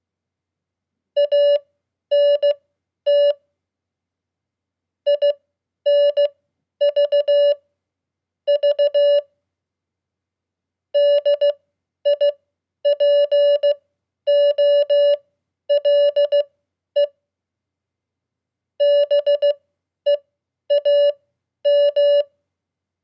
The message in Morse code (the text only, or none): ANT INV V DIPOLE BEAM